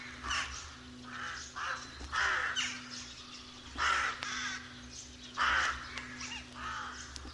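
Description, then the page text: Rooks giving harsh, rasping caws in separate bursts about every one to two seconds, with quieter cawing from other birds between them. Rook colony. "Б. Вепринцев - Голоса весны (1970) - Колония грачей"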